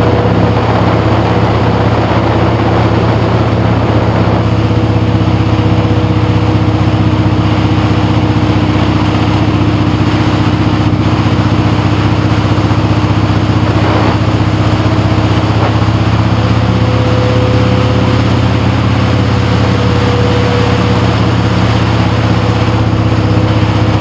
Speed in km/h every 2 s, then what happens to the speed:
47, 47, 45, 39, 45, 42, 35, 47, 45, 52, 45, 47.
0-9 steady at about 45. 9-11 brakes to 35. 12-16 speeds up to 45. 16-24 steady at about 45.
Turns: none.